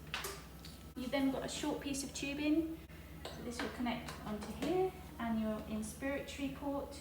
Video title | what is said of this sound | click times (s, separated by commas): V500 set up | the heater so push down on the blue button slide on until it clicks | 0.1 s